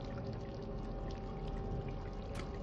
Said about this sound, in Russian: Сверху на залитый водой пол начинают обрушиваться большие пласты мокрой штукатурки. Льются потоки воды.